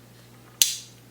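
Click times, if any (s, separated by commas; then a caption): 0.6 s. An old folding knife has its blade opened by turning a small wheel. A single sharp metallic click sounds at 0.6 s as the blade locks open into its handle, then rings briefly over a quiet low hum.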